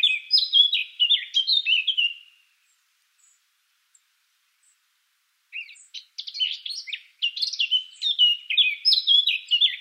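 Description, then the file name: Eurasian blackcap song: a short, clear warbled phrase, about three seconds of silence, then a longer, loud, jumbled warble of bright notes. "Sylvia atricapilla"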